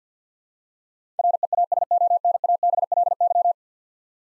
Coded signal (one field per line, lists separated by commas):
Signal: Morse code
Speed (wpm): 50 wpm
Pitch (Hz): 700 Hz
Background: none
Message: REASONABLY